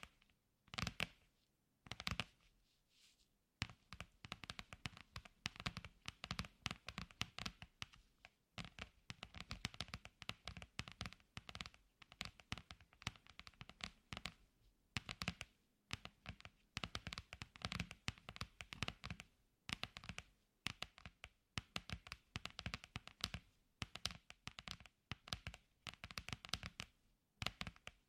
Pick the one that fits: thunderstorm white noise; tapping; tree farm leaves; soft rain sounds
tapping